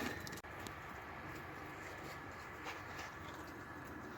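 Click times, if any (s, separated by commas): none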